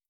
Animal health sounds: hydrophone in a shrimp aquaculture tank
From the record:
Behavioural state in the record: starved

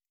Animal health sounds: hydrophone in a shrimp aquaculture tank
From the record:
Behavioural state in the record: feeding

